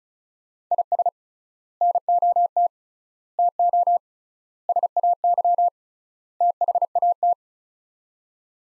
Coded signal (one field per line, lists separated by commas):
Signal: Morse code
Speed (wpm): 34 wpm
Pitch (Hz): 700 Hz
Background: none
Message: IS NOT TO SAY THAT